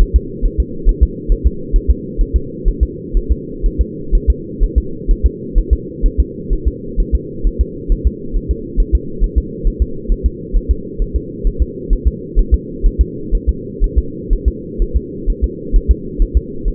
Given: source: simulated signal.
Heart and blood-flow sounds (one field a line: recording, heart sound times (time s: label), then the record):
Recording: fetal heart sounds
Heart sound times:
0.02 s: S1
0.16 s: S2
0.45 s: S1
0.60 s: S2
0.89 s: S1
1.03 s: S2
1.32 s: S1
1.47 s: S2
1.76 s: S1
1.91 s: S2
2.21 s: S1
2.36 s: S2
2.68 s: S1
2.83 s: S2
3.17 s: S1
3.32 s: S2
3.66 s: S1
3.81 s: S2
4.15 s: S1
4.30 s: S2
4.64 s: S1
4.78 s: S2
5.11 s: S1
5.26 s: S2
5.58 s: S1
5.73 s: S2
6.06 s: S1
6.20 s: S2
6.53 s: S1
6.68 s: S2
7.00 s: S1
7.15 s: S2
7.47 s: S1
7.61 s: S2
7.92 s: S1
8.07 s: S2
8.37 s: S1
8.51 s: S2
8.80 s: S1
8.95 s: S2
9.24 s: S1
9.38 s: S2
9.67 s: S1
9.82 s: S2
10.12 s: S1
10.26 s: S2
10.57 s: S1
10.71 s: S2
11.02 s: S1
11.16 s: S2
11.47 s: S1
11.62 s: S2
11.93 s: S1
12.08 s: S2
12.39 s: S1
12.54 s: S2
12.86 s: S1
13.01 s: S2
13.35 s: S1
13.49 s: S2
13.84 s: S1
13.98 s: S2
14.33 s: S1
14.48 s: S2
14.82 s: S1
14.97 s: S2
15.30 s: S1
15.44 s: S2
15.76 s: S1
15.91 s: S2
16.22 s: S1
16.37 s: S2
16.68 s: S1
From the record:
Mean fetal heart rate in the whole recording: 130 bpm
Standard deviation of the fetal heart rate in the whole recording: 4 bpm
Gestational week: 38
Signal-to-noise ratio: -4.3 dB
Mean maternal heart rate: 72 bpm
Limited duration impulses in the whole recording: present